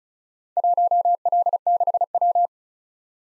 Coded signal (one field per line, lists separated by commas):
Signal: Morse code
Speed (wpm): 36 wpm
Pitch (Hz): 700 Hz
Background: none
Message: 1L6W